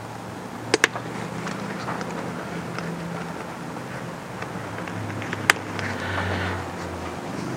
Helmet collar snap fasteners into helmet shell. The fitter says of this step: we're going to snap these snaps back in and that's